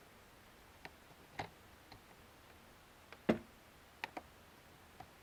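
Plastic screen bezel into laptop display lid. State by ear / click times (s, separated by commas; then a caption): not seated / none. A plastic screen bezel is worked around the edges of an HP Pavilion dv7 laptop display lid during a screen replacement. Scattered sharp plastic ticks and clicks sound over quiet background, the loudest near 3.3 s and 4.0 s. Nothing has seated or snapped home yet.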